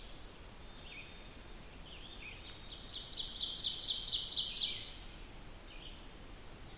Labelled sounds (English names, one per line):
Ovenbird song